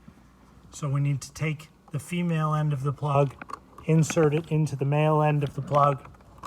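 Someone talks while handling the wiring plug for the center console ashtray or storage compartment of a BMW E90, E91, E92 or E93, getting ready to push its female end onto the male end; the plug only fits one way, flat side towards the driver's seat and rounded side towards the passenger seat. Nothing has clicked or seated yet by the end of the clip.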